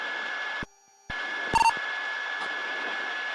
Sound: beeping

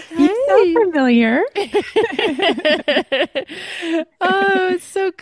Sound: laughs

